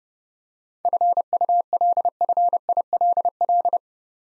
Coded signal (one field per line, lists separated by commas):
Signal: Morse code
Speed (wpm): 29 wpm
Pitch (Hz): 700 Hz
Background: none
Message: FULFILL